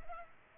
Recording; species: mosquito wingbeat signal from an infrared sensor; Culex pipiens